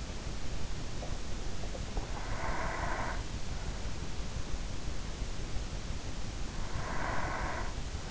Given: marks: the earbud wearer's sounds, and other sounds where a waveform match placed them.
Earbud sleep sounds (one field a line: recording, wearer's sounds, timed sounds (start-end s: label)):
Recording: sounds in sleep by an in-ear microphone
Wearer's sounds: breath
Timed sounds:
1.73-3.51 s: breath
6.26-8.11 s: breath